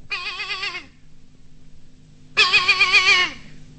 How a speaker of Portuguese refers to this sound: E o cabrito foi chegando e foi berrando.